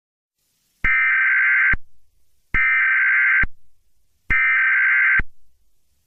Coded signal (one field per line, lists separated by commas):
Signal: Emergency Alert System (SAME) tones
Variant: header bursts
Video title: EAS Scenario #11: When The Bird comes out of its home